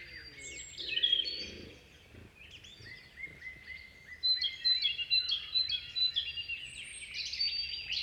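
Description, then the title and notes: Great tit song: after a jumble of other birdsong, a steady run of two-note high-low phrases repeats quickly, with other birds chirping in the background. Great tit singing in forest in France, 7 April 2019; repetitive two-note song; many other birds singing in the background; Nagra recorder, omni microphone. "Chorus de charbonnière. 07 avril 2019-Forêt de Val Drôme. Mésange charbonnière en forêt. ce chant répétitif à deux notes"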